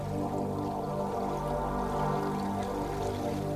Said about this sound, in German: Das Schiff ist in schlechtem Zustand. Es lässt Wasser rein. Halwachs pumpt verbissen.